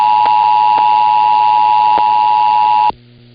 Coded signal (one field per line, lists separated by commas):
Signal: Emergency Alert System (SAME) tones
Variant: 853 and 960 Hz attention tone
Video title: 4 tests with my bad editing skills lol 5/4/2021 - 5/7/2021 Required Monthly Tests (EAS #591 - 594)